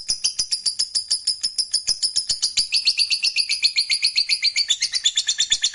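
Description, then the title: Lovebird song: a fast, dense, high-pitched chatter of buzzy twittering notes. "Suara Lovebird Ini"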